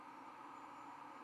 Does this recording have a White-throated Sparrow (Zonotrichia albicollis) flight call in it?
no